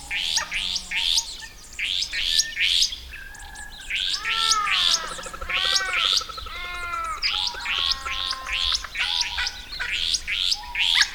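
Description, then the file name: Restless flycatcher: rapid scratchy upswept notes in a continuous busy stream, with descending whistled notes in the middle. "Myiagra Inquieta"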